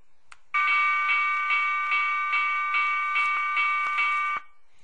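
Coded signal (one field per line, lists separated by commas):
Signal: pager alert tone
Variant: Motorola Minitor VI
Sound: synthesized railroad-crossing bell ringing about nine times over four seconds, then stopping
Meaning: Alert sound the pager plays when it is paged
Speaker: I've already loaded the file into alert 1 This is the railroad crossing bell. You can test it here in the software.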